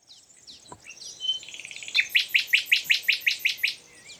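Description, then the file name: Common nightingale song: a rapid burst of about ten loud, identical chipping notes repeated several times a second, following softer twittering. "Luscinia megarhynchos"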